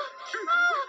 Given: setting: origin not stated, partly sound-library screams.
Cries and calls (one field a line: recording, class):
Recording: one-second piece from a danger detection set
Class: woman in danger